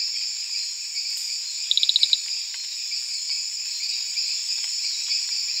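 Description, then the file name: Marbled rain frog: a brief run of roughly seven piping chirps in quick succession, set against a steady shrill hum of insects. "Eleutherodactylus marmoratus"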